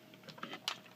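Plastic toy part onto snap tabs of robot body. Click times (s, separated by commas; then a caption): 0.7 s. A plastic part is pushed onto the snap tabs of a Planet X Genesis transforming robot toy's body, with a few light plastic ticks and taps before it. A sharp, bright click at 0.7 s marks the part snapping into place, though it is still loose and can slide up and down.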